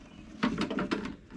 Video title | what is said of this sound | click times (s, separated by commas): Hardcore Hammers Now Makes Axes!!!! And They're Freakin BEAUTIFUL! Plus an Engine and a Cool Mower!! | it locks in place the engine is free it's a two cycle i think i already mentioned that | 0.4 s